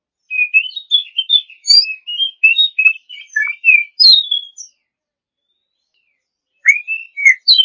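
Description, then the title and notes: Oriental magpie-robin pouring out rapid, varied whistled phrases for about four seconds, silence, then a fresh burst of slurred whistles. A champion bird. "Kicau Burung Kacer Juara. Suara Kicauan Burung Kacer Juara"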